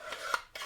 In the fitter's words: сием насадку до щелчка